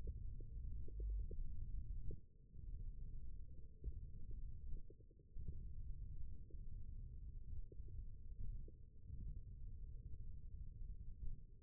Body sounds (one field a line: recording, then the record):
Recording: forearm muscle sounds (acoustic myography)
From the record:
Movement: thumb flexion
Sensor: system 1, eight BSWA MPA416 microphones around the upper forearm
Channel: 5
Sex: male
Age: 20 years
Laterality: left